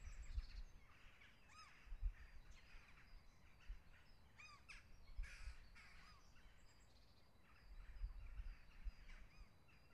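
Bird flock calling: many overlapping chattering and squeaky calls with several sweeping rising notes, over intermittent bursts of low rumble.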